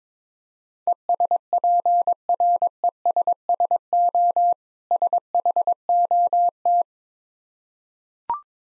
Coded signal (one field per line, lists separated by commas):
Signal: Morse code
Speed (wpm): 22 wpm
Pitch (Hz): 700 Hz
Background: none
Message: ESPRESSO SHOT